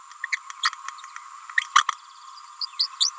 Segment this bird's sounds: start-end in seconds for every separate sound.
0.32-0.38, 0.63-0.70, 1.76-1.84, 2.61-2.66, 2.79-2.88, 3.00-3.10